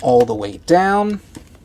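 Someone talks while handling a Transformers Legacy Evolution Dreadwing action figure, bringing its arms all the way down so a plastic arm part can be pushed into the figure's body. Faint handling taps follow near 1.5 and 1.7 s, but nothing has seated or clicked yet.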